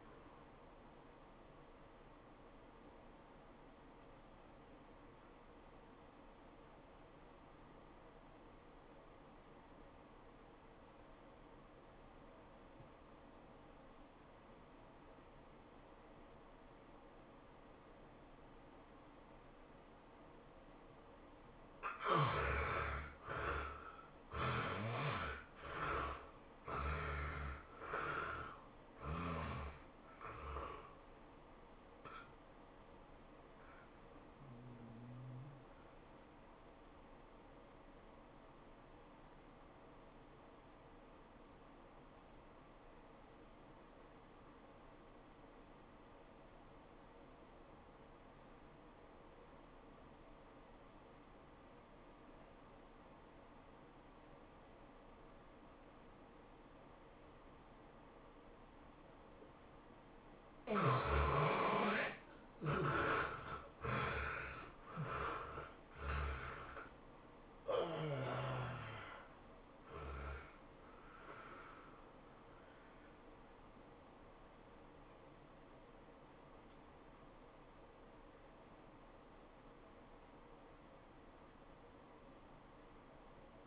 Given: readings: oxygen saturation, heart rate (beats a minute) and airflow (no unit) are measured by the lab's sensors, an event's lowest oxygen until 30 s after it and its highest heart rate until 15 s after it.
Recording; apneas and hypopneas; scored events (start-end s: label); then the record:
breathing in sleep by a voice recorder at the bedside; 2
8.00-23.60 s: obstructive apnea (N1, oxygen 96% highest, then 71% lowest, heart rate 97 at the start, 109 highest)
40.00-70.00 s: new sleep stage, N2 (light sleep)
41.00-59.50 s: obstructive apnea (N2, oxygen 95% highest, then 70% lowest, heart rate 94 at the start, 110 highest)
70.00-83.67 s: new sleep stage, N1 (lightest sleep)
From the record:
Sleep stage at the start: N1 (lightest sleep); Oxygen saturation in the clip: 69 to 96%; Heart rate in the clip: 80 to 110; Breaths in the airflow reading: 8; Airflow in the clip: -16.1 to 14.8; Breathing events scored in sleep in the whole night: 403 in 5.5 hours asleep